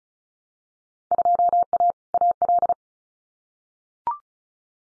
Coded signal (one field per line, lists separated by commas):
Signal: Morse code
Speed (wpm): 36 wpm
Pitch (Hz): 700 Hz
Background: none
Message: 2A AL